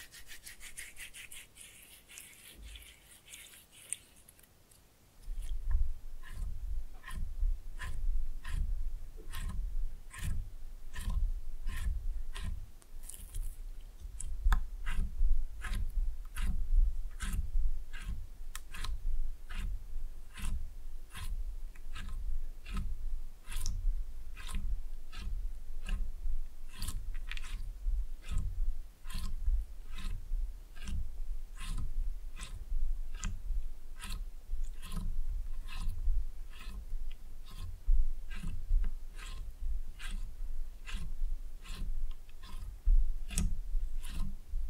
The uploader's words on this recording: ASMR Fun with Slime No Talking.